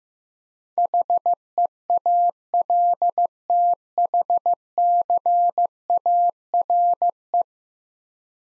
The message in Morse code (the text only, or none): HEALTHCARE